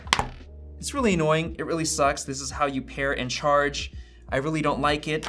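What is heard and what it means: A first-generation stylus's lightning connector is pushed into the tablet's bottom lightning port to pair and charge, seating with a sharp click at 0.1 s. Someone then talks over a low background hum.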